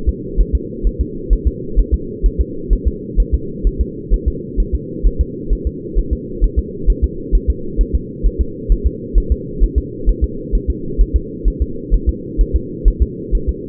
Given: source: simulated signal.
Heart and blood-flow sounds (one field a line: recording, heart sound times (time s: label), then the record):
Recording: fetal heart sounds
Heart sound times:
0.09 s: S2
0.41 s: S1
0.55 s: S2
0.87 s: S1
1.01 s: S2
1.33 s: S1
1.47 s: S2
1.79 s: S1
1.94 s: S2
2.26 s: S1
2.41 s: S2
2.73 s: S1
2.88 s: S2
3.20 s: S1
3.34 s: S2
3.67 s: S1
3.81 s: S2
4.14 s: S1
4.28 s: S2
4.60 s: S1
4.75 s: S2
5.06 s: S1
5.21 s: S2
5.53 s: S1
5.67 s: S2
5.98 s: S1
6.13 s: S2
6.44 s: S1
6.59 s: S2
6.90 s: S1
7.04 s: S2
7.35 s: S1
7.50 s: S2
7.81 s: S1
7.95 s: S2
8.27 s: S1
8.41 s: S2
8.72 s: S1
8.87 s: S2
9.18 s: S1
9.32 s: S2
9.63 s: S1
9.78 s: S2
10.09 s: S1
10.24 s: S2
10.55 s: S1
10.70 s: S2
11.01 s: S1
11.16 s: S2
11.48 s: S1
11.62 s: S2
11.94 s: S1
12.09 s: S2
12.41 s: S1
12.56 s: S2
12.88 s: S1
13.02 s: S2
13.35 s: S1
13.49 s: S2
From the record:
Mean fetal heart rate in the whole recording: 130 bpm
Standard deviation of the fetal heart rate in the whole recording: 2 bpm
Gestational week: 36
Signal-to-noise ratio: -4.3 dB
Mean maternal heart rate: 72 bpm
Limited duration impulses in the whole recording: absent